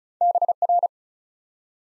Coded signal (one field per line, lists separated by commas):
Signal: Morse code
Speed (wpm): 36 wpm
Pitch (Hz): 700 Hz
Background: none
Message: BR